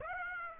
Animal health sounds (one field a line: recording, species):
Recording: mosquito wingbeat signal from an infrared sensor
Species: Aedes aegypti